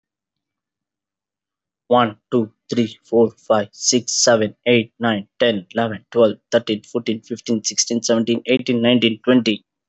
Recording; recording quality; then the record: counting at a fast pace; excellent, no background noise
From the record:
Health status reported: healthy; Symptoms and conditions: none ticked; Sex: male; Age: 27 years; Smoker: yes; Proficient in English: no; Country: India